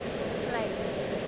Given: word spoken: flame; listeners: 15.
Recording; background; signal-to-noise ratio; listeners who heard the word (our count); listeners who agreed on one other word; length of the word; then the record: one English word in noise, from a listening test; speech-shaped noise; -6.9 dB; 1 of 15; 6 of 15; 0.88 s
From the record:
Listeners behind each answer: 6, 3, 2, 1, 1, 1, 1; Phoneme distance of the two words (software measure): 20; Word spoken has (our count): 1 syllable, 4 phonemes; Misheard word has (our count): 1 syllable, 4 phonemes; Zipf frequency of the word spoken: 4.05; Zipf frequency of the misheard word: 4.58